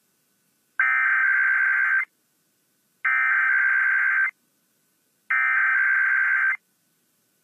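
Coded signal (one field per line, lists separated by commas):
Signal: Emergency Alert System (SAME) tones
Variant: header bursts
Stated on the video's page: Real IPAWS weekly tests for the Mountain and Pacific regions.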